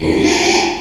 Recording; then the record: squeal of a Yucatan mini pig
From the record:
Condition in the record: after surgery on the right vocal fold (resection and tissue-engineered implant); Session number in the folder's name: 2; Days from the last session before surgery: 13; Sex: male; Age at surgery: 12 weeks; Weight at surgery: 13 kg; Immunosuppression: cyclosporine, prednisolone